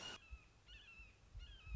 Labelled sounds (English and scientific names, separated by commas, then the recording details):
Red-shouldered Hawk (Buteo lineatus)
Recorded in Sonoma County, California